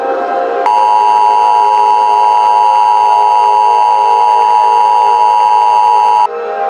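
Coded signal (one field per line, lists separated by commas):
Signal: Emergency Alert System (SAME) tones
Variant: 853 and 960 Hz attention tone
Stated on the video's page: Simulated EAS alert of a nuclear power plant explosion, possibly with valid tones.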